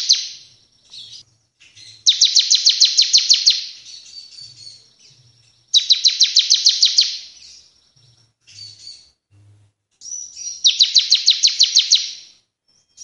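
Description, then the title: Bar-winged prinia song: rapid buzzy trills of clipped high notes, repeated every few seconds, with soft chips between. Caged bird singing energetically, three song types; recording used for tutoring other cage birds. "Ciblek gacor nembak 3 lagu untuk masteran"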